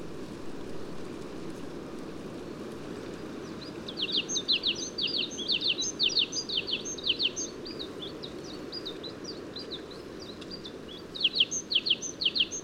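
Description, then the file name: Great tit: rapid series of high, sharp repeated notes in short phrases from about four seconds onward, a louder burst near the end, over steady low background noise. "Parus major"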